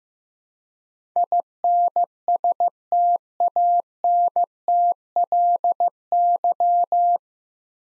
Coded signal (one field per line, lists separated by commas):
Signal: Morse code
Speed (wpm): 15 wpm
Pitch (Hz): 700 Hz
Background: none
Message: INSTANTLY